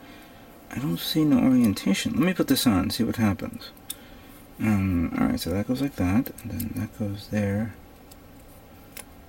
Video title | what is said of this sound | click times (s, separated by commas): *GundamModels* 1/100 MG Nu Gundam Ver. Ka - Part 4 | snaps into place and I see the little I see the little Notch there | 9.0 s